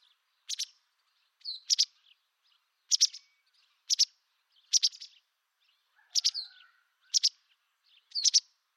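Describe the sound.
Bird chirps, paired sharp high notes repeated in a steady series.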